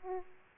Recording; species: mosquito wingbeat signal from an infrared sensor; Aedes aegypti